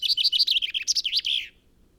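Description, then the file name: Common chaffinch delivering one brisk song phrase of high, varied notes ending in a short flourish. "Fringilla coelebs"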